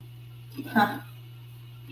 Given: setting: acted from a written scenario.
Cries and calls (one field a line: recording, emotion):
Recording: vocal sound without words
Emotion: neutral